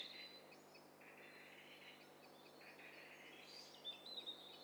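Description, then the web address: Birds singing faintly in an overlapping chorus of high chirps and short warbled phrases over a steady background hiss and low hum. Many birds singing at once; hi-fi stereo. "Hi Fi STEREO BIRD COCKTAIL PARTY Challenge"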